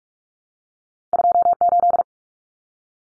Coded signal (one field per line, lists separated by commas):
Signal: Morse code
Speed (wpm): 44 wpm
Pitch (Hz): 700 Hz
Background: none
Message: 28